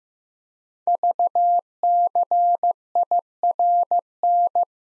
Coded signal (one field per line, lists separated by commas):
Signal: Morse code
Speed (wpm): 15 wpm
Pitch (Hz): 700 Hz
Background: none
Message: VCIRN